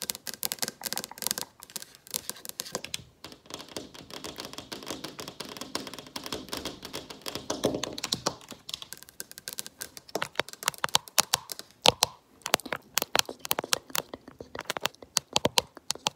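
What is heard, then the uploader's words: Fingernails tap rapidly and hard on a hard surface, dense clicking bursts that thin into sharper, spaced-out taps after about ten seconds. FAST AND AGGRESSIVE NAIL TAPPING.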